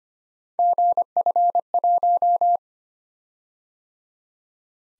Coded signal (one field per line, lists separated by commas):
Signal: Morse code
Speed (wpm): 25 wpm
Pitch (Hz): 700 Hz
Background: none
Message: GF1